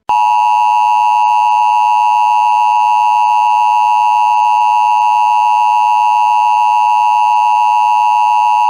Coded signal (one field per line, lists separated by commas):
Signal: Emergency Alert System (SAME) tones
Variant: 853 and 960 Hz attention tone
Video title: EAS | Hacked Alert